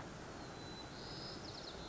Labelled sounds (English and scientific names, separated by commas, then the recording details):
White-crowned Sparrow (Zonotrichia leucophrys)
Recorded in Sonoma County, California